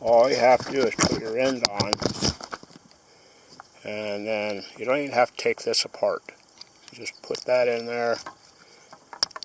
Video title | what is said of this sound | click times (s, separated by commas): Building an off grid house part 128. 400 Watt Wonderful Online Wind Turbine. | and push it, and it'll click into place. | 9.2 s